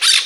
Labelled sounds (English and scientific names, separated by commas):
Brown-throated Parakeet (Eupsittula pertinax) contact call